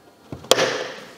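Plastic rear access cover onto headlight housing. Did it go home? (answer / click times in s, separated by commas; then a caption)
yes / 0.5 s. A plastic rear access cover on a removed headlight from a Porsche Cayenne 957, with the new bulb fitted and the connector attached, is hooked onto the tabs on its lower part and pushed onto the housing. Two faint knocks at 0.3 and 0.4 s lead to a single sharp click at 0.5 s, followed by a brief ringing decay. The cover is seated and secured on its tabs.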